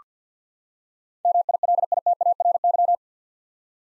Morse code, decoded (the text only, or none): MILITARY